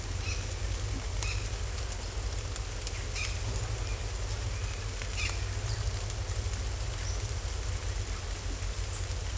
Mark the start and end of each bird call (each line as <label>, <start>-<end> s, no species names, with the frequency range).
bird call (2.3-6.1 kHz), 0.24-0.45 s
bird call (1.7-7.3 kHz), 1.21-1.44 s
bird call (1.4-7.7 kHz), 3.16-3.31 s
bird call (2.1-7.7 kHz), 5.18-5.33 s